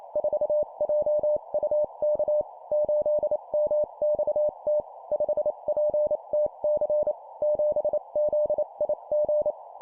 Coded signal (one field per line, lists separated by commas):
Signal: Morse code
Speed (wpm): 28 wpm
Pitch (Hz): 600 Hz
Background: none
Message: 4JUK 8MXT 5PTC 7ZIG